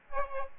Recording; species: mosquito wingbeat signal from an infrared sensor; Aedes aegypti